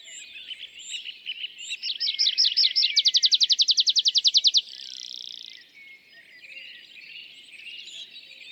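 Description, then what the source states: Tree pipit song moving from varied notes into a very fast, even trill and a hissing ending, with other birds chirping behind. Display flight song of a bird newly arrived from migration; La Sarcena, Val Drôme, France, 27 April 2020; sings from top of isolated tree by a meadow, rising then parachuting down; Nagra Seven, MKH40.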